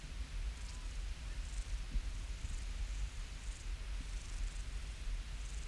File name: Omocestus rufipes